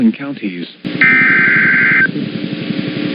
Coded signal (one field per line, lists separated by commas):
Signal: Emergency Alert System (SAME) tones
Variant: header bursts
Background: speech